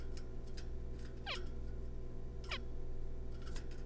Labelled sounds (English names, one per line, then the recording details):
Zebra Finch
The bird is a juvenile
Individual R3549